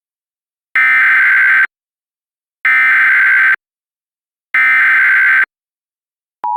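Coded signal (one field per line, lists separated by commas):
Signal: Emergency Alert System (SAME) tones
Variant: header bursts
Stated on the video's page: Partial mock reenactment with valid EAS tones of an alert during a weather radio station outage.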